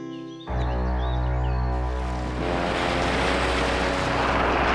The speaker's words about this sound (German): Das Wasser im Motoyasu-Fluss vor dem Atombombendom beginnt zu brodeln.